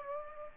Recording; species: mosquito wingbeat signal from an infrared sensor; Aedes aegypti